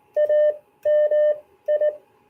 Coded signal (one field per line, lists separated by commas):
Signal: Morse code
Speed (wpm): 19 wpm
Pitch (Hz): 600 Hz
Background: none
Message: A M I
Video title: Starting out in CW